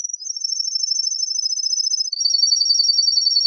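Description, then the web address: Atlantic canary singing a fast, even, high trill, first on one pitch and then dropping slightly lower for a second steady roll, with no other sounds. "serinus canaria"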